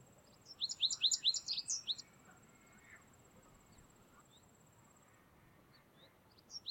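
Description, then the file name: American Goldfinch with a rapid run of several high, sharp twittering notes, followed by quiet and a few faint notes toward the end. "Carduelis tristis - American Goldfinch"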